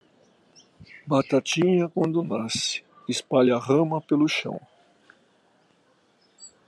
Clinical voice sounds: short text; Brazilian Portuguese; male; 70 to 79 years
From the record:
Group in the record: control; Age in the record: 70 years

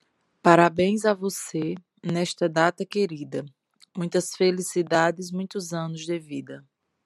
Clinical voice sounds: short text; Brazilian Portuguese; female; 30 to 39 years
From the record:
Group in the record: control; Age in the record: 35 years

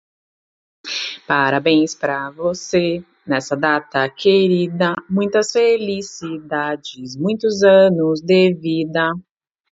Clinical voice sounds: short text; Brazilian Portuguese; female; 30 to 39 years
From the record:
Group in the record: control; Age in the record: 39 years

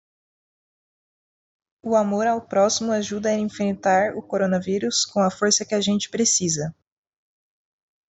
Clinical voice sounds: spoken sentence; Brazilian Portuguese; female; 20 to 29 years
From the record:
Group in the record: control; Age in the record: 28 years

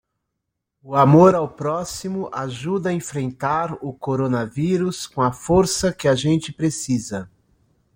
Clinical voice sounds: spoken sentence; Brazilian Portuguese; male; 50 to 59 years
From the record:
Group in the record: control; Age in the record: 52 years

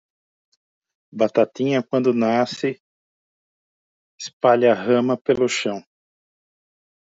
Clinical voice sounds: short text; Brazilian Portuguese; male; 50 to 59 years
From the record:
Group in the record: control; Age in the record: 56 years

